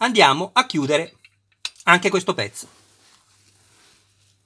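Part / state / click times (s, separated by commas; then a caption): screw into plastic boss of a model engine crankcase / not seated / none. Someone talks while turning a screwdriver backwards on a screw set in the plastic boss of a 1:8 scale Lancia Stratos HF engine crankcase, so the screw's thread drops into the existing thread before tightening. After the talking, faint, quiet clacking is heard from about 2.6 to 4.0 s. Nothing has seated or clicked yet.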